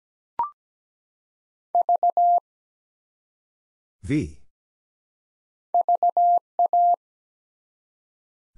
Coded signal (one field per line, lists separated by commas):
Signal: Morse code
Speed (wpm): 17 wpm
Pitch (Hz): 700 Hz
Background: none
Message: V VA